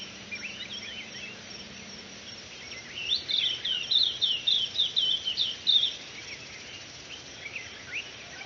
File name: Zosterops virens caniviridis, sang in lumierkoor, Moreletakloof NR, 2018-3-31 05 h 58